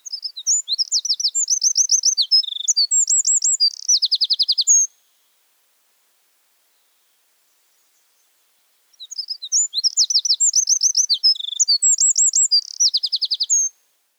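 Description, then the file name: Eurasian wren singing two long, high-pitched songs of rapid twitters and dry rattling trills, separated by a silent gap of about four seconds. "Zaunkoenig Gesang"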